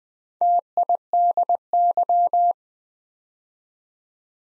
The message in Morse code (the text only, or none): TIDY